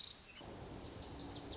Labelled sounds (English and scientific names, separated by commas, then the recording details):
Lazuli Bunting (Passerina amoena)
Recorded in Sonoma County, California